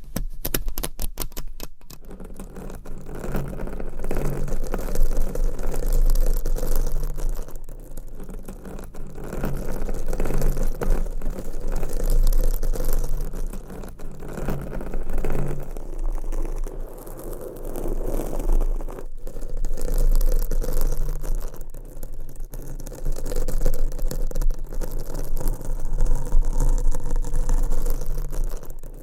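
Nails scratch a mic cover in continuous rasping strokes, swelling and fading in slow waves, with a low steady hum beneath and brief clicks early on.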